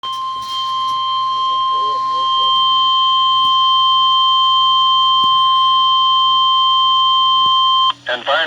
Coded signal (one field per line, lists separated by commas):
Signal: Emergency Alert System (SAME) tones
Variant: 1050 Hz attention tone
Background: speech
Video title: EAS #45 - 46 Severe Thunderstorm Warning